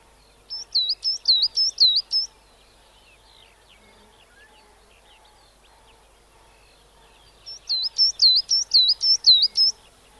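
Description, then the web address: Coal tit giving two bursts of bright, high, rhythmically repeated double notes, several in each, with a quiet stretch of faint bird calls between. "bbc Bird Song Site Coal Tit - Mesange (charbon )"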